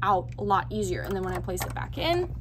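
A woman talks while handling the bobbin case of a Janome HD9 sewing machine, with its door held horizontal, as it is about to go back into the machine's bobbin compartment to be pressed down with the thumb until it snaps. The clip has only her voice over a low steady hum. Nothing has seated or clicked yet.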